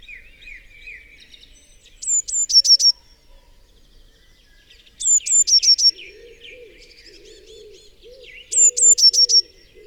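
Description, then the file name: Eurasian blue tit song: three phrases, each two thin high notes and a quick trill, repeated about every three seconds; softer chirps of other birds and low cooing later. "Cyanistes caeruleus"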